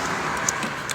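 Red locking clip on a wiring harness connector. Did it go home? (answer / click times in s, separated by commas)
yes / 0.5 s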